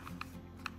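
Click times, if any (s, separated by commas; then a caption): none. A plastic obstacle-avoidance sensor module for a C-Fly Faith 2S drone is being lined up by its electrodes and pushed onto the drone body, which is handling only, and it has not snapped into place yet. Faint tonal handling sounds and light taps sit over a steady low hum, with a sharp transient at the very end, around 0.8 s. Nothing has seated or clicked yet.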